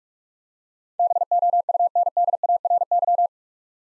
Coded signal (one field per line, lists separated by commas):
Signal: Morse code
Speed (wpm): 42 wpm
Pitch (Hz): 700 Hz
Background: none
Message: BOUNDARY